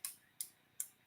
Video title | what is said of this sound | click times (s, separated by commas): Macross Max Sterling's VF-1J Toy (1982) - Episode 2 | pretty durable you can still hear it clicking when I open up the wings and the tail here | 0.0 s, 0.4 s, 0.8 s